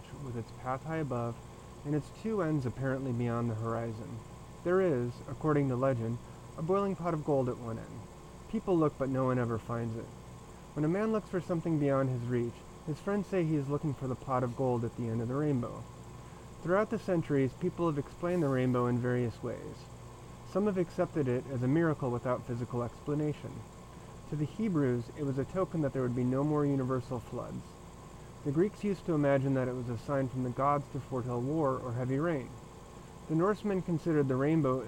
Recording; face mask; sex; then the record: reading aloud; surgical mask; male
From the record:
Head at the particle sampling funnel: turned sideways, cheek in front of it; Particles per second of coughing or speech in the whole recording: 1.54